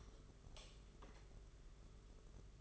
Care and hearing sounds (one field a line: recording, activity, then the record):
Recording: daily activity, microphone in the room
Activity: light off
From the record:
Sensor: 4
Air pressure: 991.8 hPa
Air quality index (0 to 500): 97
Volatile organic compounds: 10 ppm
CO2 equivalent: 2261 ppm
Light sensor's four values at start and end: 9/25/9/10 and 7/15/6/6